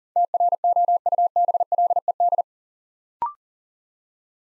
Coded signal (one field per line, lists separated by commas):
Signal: Morse code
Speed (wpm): 42 wpm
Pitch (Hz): 700 Hz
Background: none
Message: TROUBLED